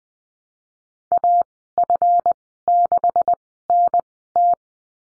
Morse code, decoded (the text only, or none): AF6NT